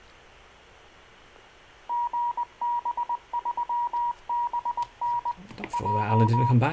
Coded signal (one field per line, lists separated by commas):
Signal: Morse code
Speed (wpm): 20 wpm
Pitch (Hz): 960 Hz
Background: speech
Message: GB3BN J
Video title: Friday night HAM RADIO FLASH LIVE STREAM